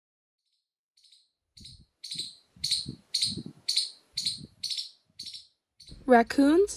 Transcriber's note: nat sound: animals on campus